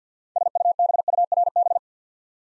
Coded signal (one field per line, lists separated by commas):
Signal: Morse code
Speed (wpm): 50 wpm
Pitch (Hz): 700 Hz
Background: none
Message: SUBURB